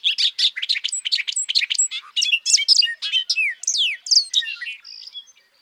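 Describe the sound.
Bobolink song: a loud, hurried string of bright, tinkling notes that bounce up and down in pitch, ending with a few sliding whistles.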